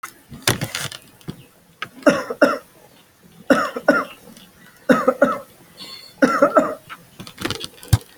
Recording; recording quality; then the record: shallow voluntary cough; moderate, slight background noise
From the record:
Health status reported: healthy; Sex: male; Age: 32 years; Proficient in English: yes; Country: India